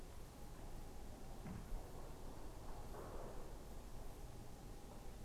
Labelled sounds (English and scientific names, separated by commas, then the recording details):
none
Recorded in France